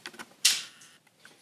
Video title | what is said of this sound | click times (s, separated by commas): Transformers Legacy Menasor (Part 1: Skeleton) Toy Review | lock for into place | 0.5 s